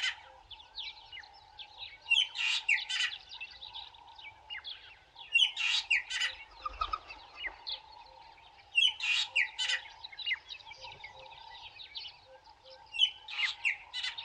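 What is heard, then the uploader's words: Birds call at sunrise over the Kalahari's sandy savannah: bright, chattering phrases and quick chirps come in bursts every few seconds, loudest near 2, 5.5, 9 and 13 seconds. A steady mid-pitched hum underlies them, with a faint low rumble in the background. Dawn in the Kalahari Desert as the sun rises over the sandy savannah of southern Africa. It’s nearly level at this part of the Kalahari Desert. The trees are widely spaced. There’s almost no available water. Kalahari Sunrise.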